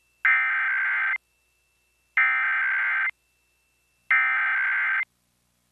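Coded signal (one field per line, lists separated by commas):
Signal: Emergency Alert System (SAME) tones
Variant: header bursts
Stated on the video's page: Required monthly EAS test from San Antonio's NBC affiliate, recorded from a DirecTV satellite box in SD rather than over the air.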